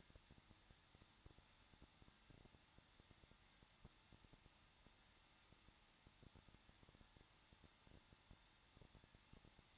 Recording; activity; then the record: daily activity, microphone in the room; no activity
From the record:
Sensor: 3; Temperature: 21.2 degrees Celsius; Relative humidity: 36.4%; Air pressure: 1006.3 hPa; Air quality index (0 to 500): 224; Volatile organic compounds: 44 ppm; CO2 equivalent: 3205 ppm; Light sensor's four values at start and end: 2/3/2/2 and 2/3/2/2